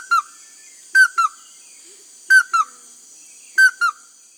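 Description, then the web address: Chestnut-headed crake call: quick two-note whistled phrases, evenly spaced about 1.3 seconds apart, with a continuous thin high hum behind them. South America. "Natures Songs S America Chestnut-headed Crake"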